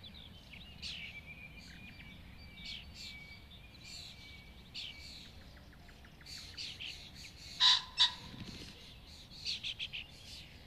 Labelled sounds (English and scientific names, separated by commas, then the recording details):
Common Pheasant (Phasianus colchicus)
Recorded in the wild
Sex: male
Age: adult
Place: Hobrechtsfelder Rieselfelder, Naturpark Barnim, Brandenburg, DE
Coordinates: 52.6676, 13.4888
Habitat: meadow
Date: 2014-05-17 05:58
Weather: cloudy, 10°C, weak winds
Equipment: Sound Devices 702, Sennheiser MKH 70, Rycote Windschutz
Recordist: Frommolt, Karl-Heinz